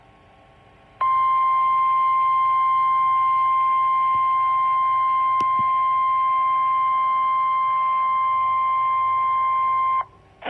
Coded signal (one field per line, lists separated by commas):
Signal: Emergency Alert System (SAME) tones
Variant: 1050 Hz attention tone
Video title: Severe thunderstorm warning [EAS #524]